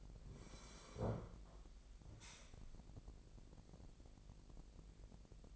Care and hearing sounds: daily activity, microphone in the room; sit down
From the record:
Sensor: 5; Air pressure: 1001.6 hPa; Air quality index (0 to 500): 250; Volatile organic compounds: 32 ppm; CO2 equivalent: 3001 ppm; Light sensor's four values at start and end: 44/102/42/42 and 43/99/40/41

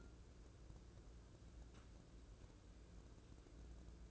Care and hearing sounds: daily activity, microphone in the room; take from stove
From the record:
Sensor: 2

